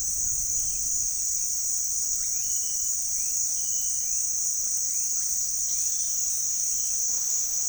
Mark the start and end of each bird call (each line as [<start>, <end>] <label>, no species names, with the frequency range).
[2.15, 6.95] bird call (1.1-4.0 kHz)